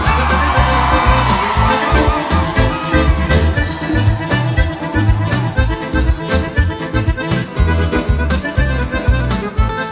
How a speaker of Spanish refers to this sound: Cuando la gente grita porque está gozando.